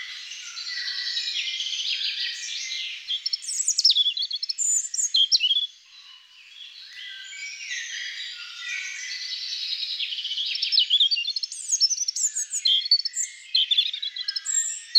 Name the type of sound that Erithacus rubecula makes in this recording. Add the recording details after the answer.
song. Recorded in the wild. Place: Oberrotweil am Kaiserstuhl, Baden-Württemberg, DE. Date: 1992-05-06. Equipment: Dat-Recorder Casio DA 7, Telinga DAT, Telinga-Parabolspiegel. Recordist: Schwarz, Dieter